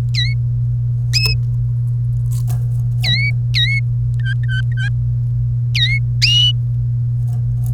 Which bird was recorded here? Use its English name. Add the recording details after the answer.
Domestic Canary. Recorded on 1 May 2018 at 15:12. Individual llb3